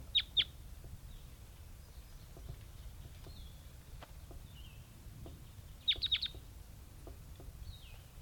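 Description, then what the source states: Crossbill calls, two bursts of sharp high chips, one near the start and a quick cluster around six seconds, with softer notes between over low steady hum. Captive female crossbill in the bottom cage, believed to be number 80, calling; caught in a mist net, recorded about 8:30.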